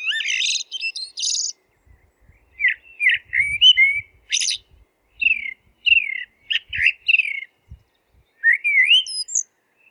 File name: merel zang